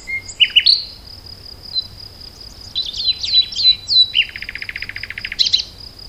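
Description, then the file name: Common nightingale song: sharp notes, then a thin whistle, stuttering phrases and a dense buzzy trill, ending with bright chips, over a steady high hum. "Luscinia megarhynchos"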